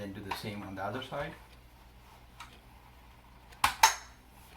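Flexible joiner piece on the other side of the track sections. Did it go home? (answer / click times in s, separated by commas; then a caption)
yes / 3.6 s, 3.8 s. A flexible joiner piece is pushed in on the other side of the track sections. Someone talks, then sharp snaps come at 3.6 s and 3.8 s. The joiner is confirmed snapped into place.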